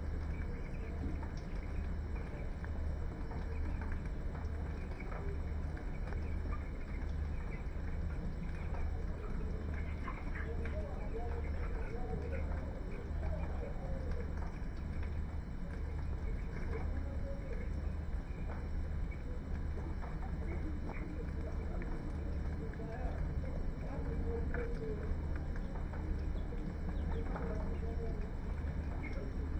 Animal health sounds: poultry house recording; healthy chickens

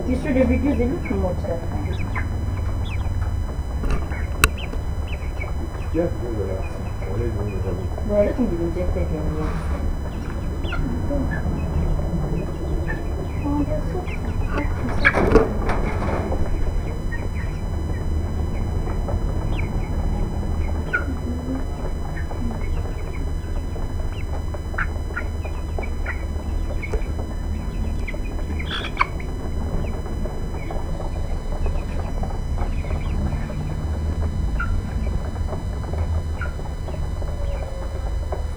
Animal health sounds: poultry house recording; background noise or bird activity such as feeding and pecking

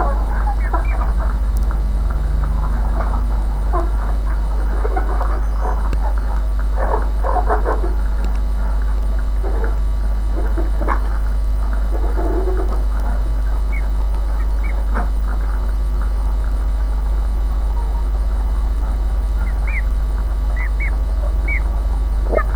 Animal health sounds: poultry house recording; sick chickens (respiratory disease)

